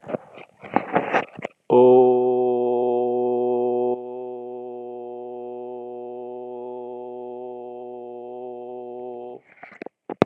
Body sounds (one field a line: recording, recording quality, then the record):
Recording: sustained vowel as in boot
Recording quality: excellent, no background noise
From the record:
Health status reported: exposed to COVID-19, no respiratory illness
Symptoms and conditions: cough, fever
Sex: male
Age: 51 years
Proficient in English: yes